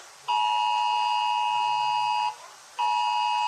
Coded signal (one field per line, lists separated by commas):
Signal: Emergency Alert System (SAME) tones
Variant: 853 and 960 Hz attention tone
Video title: Rating EAS Alarms! #1